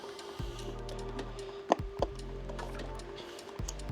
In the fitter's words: Twist it. You hear a little click